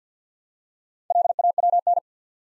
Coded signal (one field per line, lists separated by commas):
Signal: Morse code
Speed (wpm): 48 wpm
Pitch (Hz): 700 Hz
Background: none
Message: LAWN